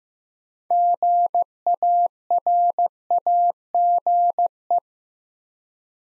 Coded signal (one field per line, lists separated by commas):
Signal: Morse code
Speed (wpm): 15 wpm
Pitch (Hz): 700 Hz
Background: none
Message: GARAGE